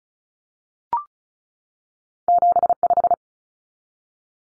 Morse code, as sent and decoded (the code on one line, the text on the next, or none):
--... .....
75